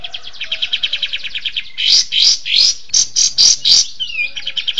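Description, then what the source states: Bird singing a fast, stuttering high trill, followed by a series of loud, harsh chattering notes and a short descending whistle. Bird sounds used for training songbirds (masteran).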